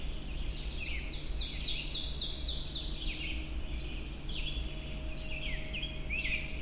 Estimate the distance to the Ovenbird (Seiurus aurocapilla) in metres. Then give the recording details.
about 25 m. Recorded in boreal forest in Alberta, Canada, on 23 June 2016 at 05:14. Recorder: SongMeter 3, array SBT-6-76. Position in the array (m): 140 m, 100 m. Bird 3